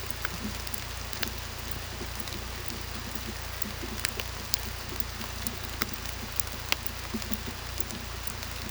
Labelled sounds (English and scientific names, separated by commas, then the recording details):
none
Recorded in pastures near Puerto Asís, Putumayo, Colombia, on 18 December 2024 at 00:30
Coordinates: 0.486, -76.323
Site GP01